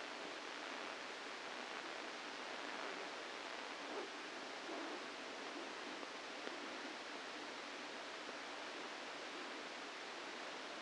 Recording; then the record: brain microelectrode recording played as sound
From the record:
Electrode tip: inside the subthalamic nucleus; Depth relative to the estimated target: 1 mm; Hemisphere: left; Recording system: NeuroSet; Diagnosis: Parkinson's disease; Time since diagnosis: 8 years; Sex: male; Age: 65 years